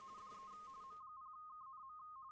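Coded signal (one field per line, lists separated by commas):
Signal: RTTY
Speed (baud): 45.45 baud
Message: DE M0KNM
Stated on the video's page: RTTY in the CQ WW RTTY Contest 2025.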